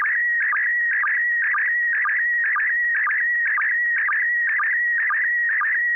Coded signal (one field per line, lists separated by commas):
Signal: SSTV (slow-scan television)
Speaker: good evening uh kl7hqr yes i copied uh very well although quite a few pops